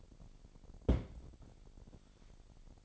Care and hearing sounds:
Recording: daily activity, microphone in the room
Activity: place on stove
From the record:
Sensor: 5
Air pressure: 1012.1 hPa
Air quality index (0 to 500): 233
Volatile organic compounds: 4 ppm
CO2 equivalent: 1552 ppm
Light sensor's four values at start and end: 49/112/48/51 and 48/108/47/51

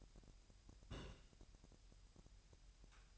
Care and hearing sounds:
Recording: daily activity, microphone in the room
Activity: place on stove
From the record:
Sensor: 2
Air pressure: 1001.8 hPa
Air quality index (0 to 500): 247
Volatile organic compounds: 36 ppm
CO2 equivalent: 3074 ppm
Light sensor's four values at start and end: 5/11/4/5 and 5/11/4/5

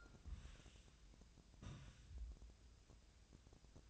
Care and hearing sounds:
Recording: daily activity, microphone in the room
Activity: take from stove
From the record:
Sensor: 2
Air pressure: 1009.8 hPa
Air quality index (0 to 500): 180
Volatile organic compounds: 10 ppm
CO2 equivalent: 2252 ppm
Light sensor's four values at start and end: 33/81/34/38 and 32/81/34/38

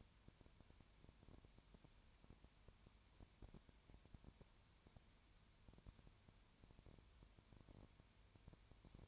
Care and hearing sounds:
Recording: daily activity, microphone in the room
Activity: no activity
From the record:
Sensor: 2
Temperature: 20.3 degrees Celsius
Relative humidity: 33.8%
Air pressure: 1003.2 hPa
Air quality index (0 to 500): 82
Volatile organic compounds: 1 ppm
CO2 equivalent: 781 ppm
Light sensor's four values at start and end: 2/3/2/2 and 2/3/2/2

